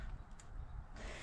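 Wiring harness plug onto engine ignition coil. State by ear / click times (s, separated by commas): not seated / none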